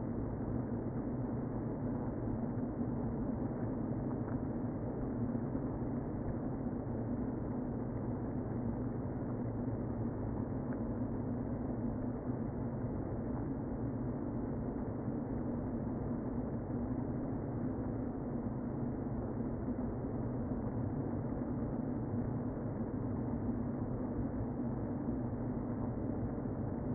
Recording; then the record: honeybee colony, microphone inside the hive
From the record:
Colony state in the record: queen present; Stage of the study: before two queens were removed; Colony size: about 60,000 bees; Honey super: yes